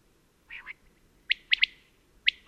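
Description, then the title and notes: Common quail: a soft, low introductory note, then one crisp three-note phrase and the start of another. Singing actively at daybreak, around 5:00 in the morning, on the Col Bayard above Gap, where the species is still common. "la Caille des blés (Coturnix coturnix)encore commune au col bayard au-dessus de Gap"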